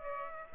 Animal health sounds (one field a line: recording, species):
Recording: mosquito wingbeat signal from an infrared sensor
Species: Aedes aegypti